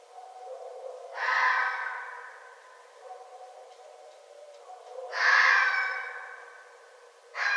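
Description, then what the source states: Red fox calls: two drawn-out, harmonic wailing cries about four seconds apart, each just over a second long, with a third cry starting at the very end. Recorded 9 December 2011.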